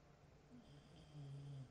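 A low, rumbling snore from a bulldog: faint fluttering breaths, then one louder, sustained buzzing snore near the end. The room is otherwise quiet. It is ordinary snoring in a flat-faced dog breed, with no coughing or gasping.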